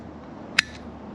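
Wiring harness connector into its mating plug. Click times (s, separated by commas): 0.6 s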